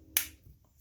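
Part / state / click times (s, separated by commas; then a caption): plastic front suspension part onto RC truck axle assembly / seated / 0.2 s. A plastic front suspension part of an RC truck is squeezed and pushed onto the axle assembly after the axle, washer and drive pin go in. A single sharp snap is heard at 0.2 s, and then the clip goes quiet. The part snaps into place and is seated.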